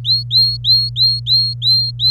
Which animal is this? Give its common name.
Domestic Canary